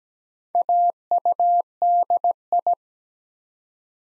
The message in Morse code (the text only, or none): AUDI